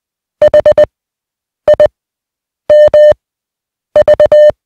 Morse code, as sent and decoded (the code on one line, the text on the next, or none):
.... / .. / -- / ...-
H I M V